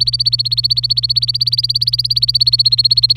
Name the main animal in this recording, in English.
Domestic Canary